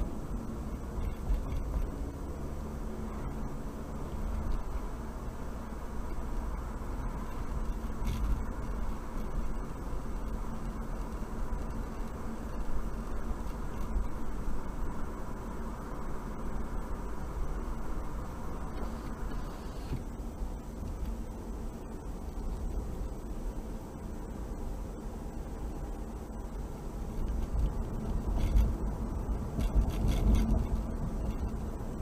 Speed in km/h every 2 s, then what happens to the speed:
34, 42, 47, 50, 52, 52, 53, 53, 55, 55, 55, 56, 56, 58, 60, 60.
0-32 speeds up to 60.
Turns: none.